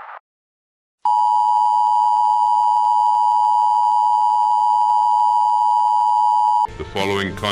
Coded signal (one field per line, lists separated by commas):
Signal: Emergency Alert System (SAME) tones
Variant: 853 and 960 Hz attention tone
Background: speech